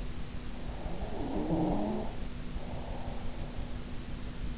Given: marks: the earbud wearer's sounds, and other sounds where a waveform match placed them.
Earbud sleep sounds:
sounds in sleep by an in-ear microphone; snoring breath
0.50-3.78 s: snoring breath

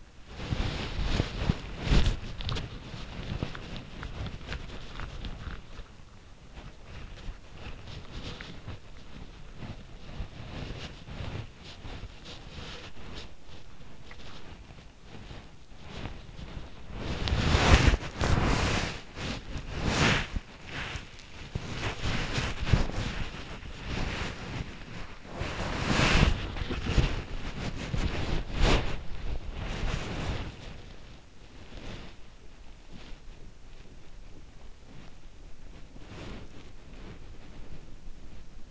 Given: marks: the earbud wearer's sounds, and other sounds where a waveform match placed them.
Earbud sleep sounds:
sounds in sleep by an in-ear microphone; body movement
0.00-38.71 s: body movement

